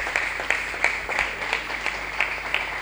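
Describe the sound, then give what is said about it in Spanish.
Scattered clapping from a small group at a meeting, applauding the local comrades, with sharp claps landing at a fairly steady pace over a continuous hiss-like wash of sound, no voices speaking. “Un aplauso por favor a los compañeros y las compañeras de acá.”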